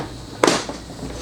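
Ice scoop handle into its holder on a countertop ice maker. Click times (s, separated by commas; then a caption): 0.4 s. The plastic handle of an ice scoop is pushed into its holder on an RW Flame countertop ice cube maker. A sharp, bright snap at 0.4 s is followed by a faint, softer tap. The handle locks into place.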